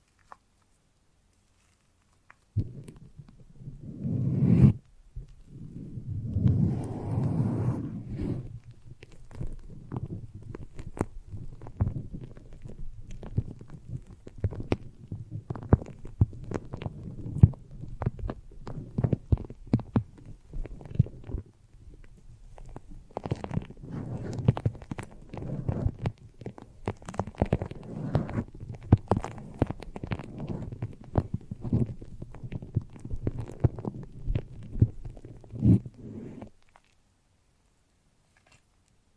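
A foamy, sticky massage: wet squelching and crackling fills the recording from about two seconds in until near the end, dense and uneven with quick clicks and pops over a low, gurgly body. Brief silence frames the sounds at start and finish.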